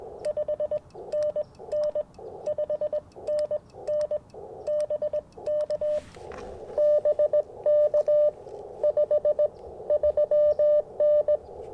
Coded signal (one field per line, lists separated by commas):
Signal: Morse code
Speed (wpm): 18 wpm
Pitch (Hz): 600 Hz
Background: none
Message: 5 NN 5NN BK BK 5 3N